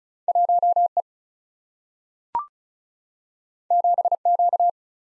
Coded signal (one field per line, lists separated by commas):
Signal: Morse code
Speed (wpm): 36 wpm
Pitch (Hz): 700 Hz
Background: none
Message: 1E 7Q